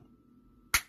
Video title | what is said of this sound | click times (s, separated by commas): Yeah Racing Durable Drift Tire Changer - RC Product @ In-Deep Introduction | you know you hear that click and it's on but | 0.7 s